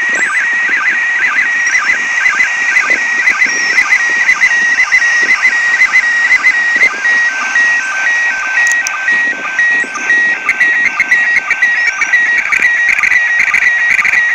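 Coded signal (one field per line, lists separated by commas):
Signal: SSTV (slow-scan television)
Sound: warbling, chirping tone sweeping up and down with a regular rhythmic pulse, over hiss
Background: radio static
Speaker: I'm gonna show you how I do a slow scan TV from the ISS so I did a couple passes over the weekend use it my HT ham radio and my arrow antenna and I just saved the recording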